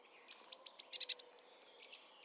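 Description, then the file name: Eurasian blue tit giving high sharp notes, a rapid run of short buzzy elements, then three clear whistled notes in quick succession. "Cyanistes caeruleus"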